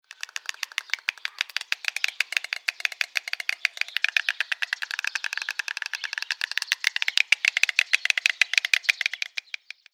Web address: Pedder Haeufige-Voegel-in-Gaerten-und-Siedlungen. Ciconia ciconia